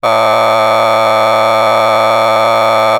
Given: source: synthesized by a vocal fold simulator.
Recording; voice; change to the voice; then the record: sustained vowel; male; a random mix of aspiration noise, stiffness perturbation and strain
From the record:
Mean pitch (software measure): 110 Hz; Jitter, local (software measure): 2.71%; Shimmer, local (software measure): 3.1%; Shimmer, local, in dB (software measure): 0.24 dB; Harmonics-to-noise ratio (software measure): 7.8 dB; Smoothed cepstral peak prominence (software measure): 14.0 dB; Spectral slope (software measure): -12.9 dB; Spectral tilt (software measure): -9.9 dB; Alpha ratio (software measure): -3.4 dB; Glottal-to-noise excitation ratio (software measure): 0.978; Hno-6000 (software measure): 1.8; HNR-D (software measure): 21.0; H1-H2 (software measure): 0.1 dB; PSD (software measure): 2.1e-04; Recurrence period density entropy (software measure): 0.127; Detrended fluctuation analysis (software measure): 0.0327